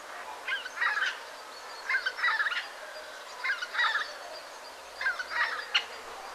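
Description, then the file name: Eurasian jay giving harsh, rasping screeches, four grating bursts spaced roughly every one and a half seconds. "Garrulus glandarius"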